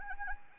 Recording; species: mosquito wingbeat signal from an infrared sensor; Anopheles arabiensis